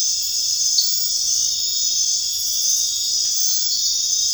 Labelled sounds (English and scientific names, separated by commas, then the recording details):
none
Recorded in dense forest near Puerto Asís, Putumayo, Colombia, on 21 March 2025 at 21:00
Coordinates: 0.484, -76.317
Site G064